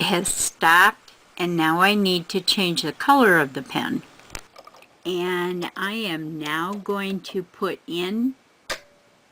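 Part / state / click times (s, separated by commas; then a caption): pen adapter into cutting machine tool clamp / seated / 8.7 s. Someone talks while pushing a plastic pen adapter into the accessory clamp of a cutting machine to change the pen color. A few faint ticks sound around 4.2–4.7 s, then a sharp click at 8.7 s as the adapter seats in the tool holder.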